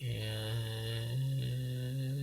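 A plastic post on a part of a dune buggy building kit is handled next to a hole in a plastic part, but it has not yet been pushed in, so nothing has seated or clicked yet. Over the 2.2 seconds someone talks in a steady, drawn-out voice with no sudden sounds.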